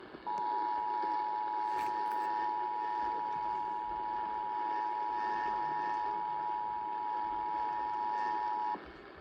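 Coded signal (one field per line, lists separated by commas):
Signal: Emergency Alert System (SAME) tones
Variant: 853 and 960 Hz attention tone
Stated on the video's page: Severe thunderstorm warning aired on AM broadcast station WBAP.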